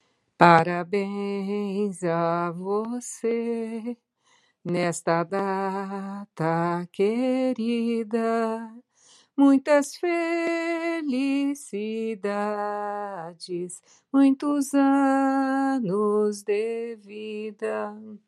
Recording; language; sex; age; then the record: short text; Brazilian Portuguese; female; 60 to 69 years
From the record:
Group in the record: control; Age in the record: 61 years